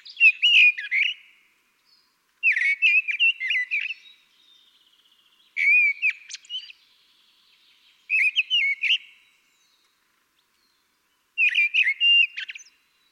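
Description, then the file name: Common blackbird singing five short phrases, each a low fluted whistle followed by scratchy high twittering, spaced about three seconds apart with quiet gaps between. "Turdus merula"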